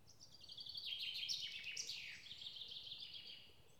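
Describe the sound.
Bird song, a continuous stream of fast, high twittering and trilled notes with a descending slurred phrase in the middle, fading at the end.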